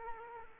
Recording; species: mosquito wingbeat signal from an infrared sensor; Culex quinquefasciatus